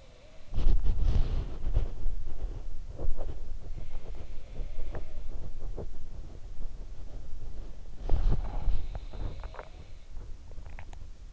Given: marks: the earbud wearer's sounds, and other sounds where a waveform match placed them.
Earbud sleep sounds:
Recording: sounds in sleep by an in-ear microphone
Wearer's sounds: body movement, swallowing, teeth grinding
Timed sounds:
0.00-11.33 s: body movement
3.57-5.49 s: sound from someone else or the room
8.11-10.60 s: sound from someone else or the room
8.78-9.85 s: swallowing
10.39-11.10 s: teeth grinding

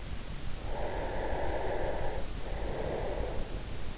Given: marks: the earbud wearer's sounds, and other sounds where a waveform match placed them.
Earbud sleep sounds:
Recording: sounds in sleep by an in-ear microphone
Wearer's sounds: breath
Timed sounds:
0.24-3.87 s: breath

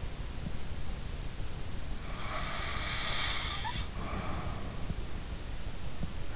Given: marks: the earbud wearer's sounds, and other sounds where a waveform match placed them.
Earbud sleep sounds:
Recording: sounds in sleep by an in-ear microphone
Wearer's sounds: snoring breath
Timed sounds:
2.12-4.73 s: snoring breath

